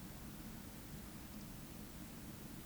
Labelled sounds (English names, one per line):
Eurasian Woodcock whistle